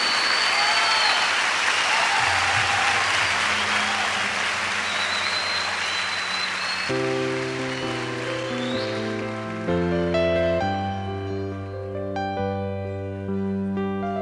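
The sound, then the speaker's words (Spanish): At a concert, a crowd claps steadily in a dense, even wash of applause for several seconds; then sustained musical chords enter and play over the fading clapping. “Otro es el artista, y iniciamos dándole el mejor aplauso de este momento y de nuestra vida a ese único artista.”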